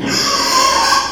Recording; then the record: squeal of a Yucatan mini pig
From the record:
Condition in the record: before surgery on the right vocal fold (resection and tissue-engineered implant); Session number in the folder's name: 1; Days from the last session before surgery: -3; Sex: male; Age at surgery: 12 weeks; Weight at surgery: 13 kg